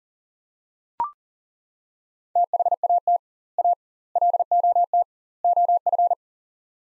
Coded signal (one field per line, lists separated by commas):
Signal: Morse code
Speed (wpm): 40 wpm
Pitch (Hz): 700 Hz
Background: none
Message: THAT A LOT OF